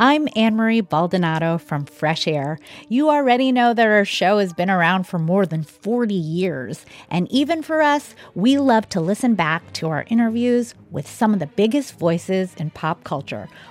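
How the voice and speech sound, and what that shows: An adult woman, a radio presenter introducing the Fresh Air show, speaks in a clear, steady voice at an easy pace, with natural pauses between phrases and lively pitch movement. Articulation is crisp and the voice is smooth. This is ordinary fluent adult speech with no sign of a voice or speech disorder.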